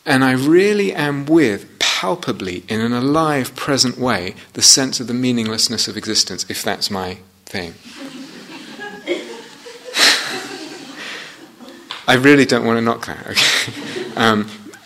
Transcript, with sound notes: and I really am with -- palpably, in an alive, present way -- the sense of the meaninglessness of existence, if that's my thing? [laughter] I really don't want to knock that, okay?